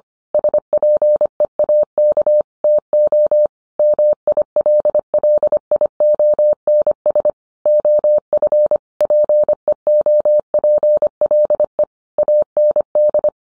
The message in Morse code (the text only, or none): SPEAK TO MILLIONS OF PEOPLE AND